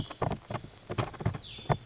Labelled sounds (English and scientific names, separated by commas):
Cassin's Vireo (Vireo cassinii)